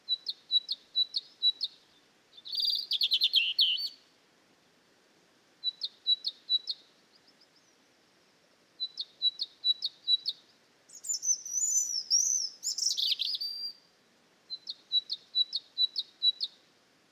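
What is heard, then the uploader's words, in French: A robin and a great tit sing in alternation in a garden. The tit's clear, evenly spaced repeated notes come in short phrases every few seconds, while the robin answers with bright, twisting warbled bursts between them. The background is quiet. Val Maravel - Nagra seven - perche 6m - stéréo mkh40. La lumière est bien présente sur le sommet de la Courtille dans la vallée du Maravel, le jardin s'éveille. Les chants ne se chevauchent que rarement comme si chaque chanteur attendait l'arrêt de l'autre. DUO DANS LE JARDIN.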